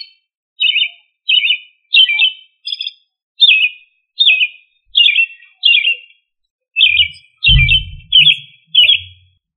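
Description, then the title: Thrush singing a steady run of short warbled phrases, roughly one every two-thirds of a second, with a brief low thump near the end. "Familia Turdidae - Sabia"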